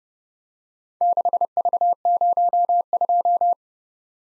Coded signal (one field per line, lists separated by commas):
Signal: Morse code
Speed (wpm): 29 wpm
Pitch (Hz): 700 Hz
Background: none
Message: 6V02